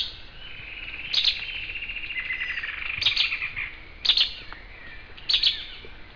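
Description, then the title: Bird singing bright high chirps in repeated bursts, with buzzy trilled warbling between them. "LuckyPassaro Completos2Sama"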